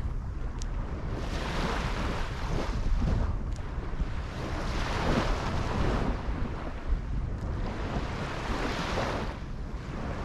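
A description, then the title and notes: Seashore sounds on a bay, with a steady, dense wash of water and wind that swells gently in soft surges around the third, fifth and ninth seconds. A deep low rumble runs underneath throughout, and faint brief high clicks stand out near the start. Relaxing Tokyo bay seashore sounds, Japan.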